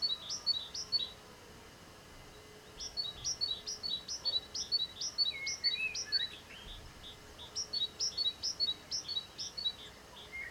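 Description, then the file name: Great tit song, a rhythmic high double-note phrase repeated in three bursts with pauses, plus faint lower chirps from another bird. "Parus major"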